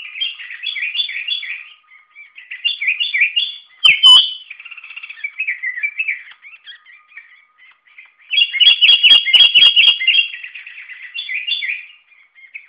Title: Suara Burung Kutilang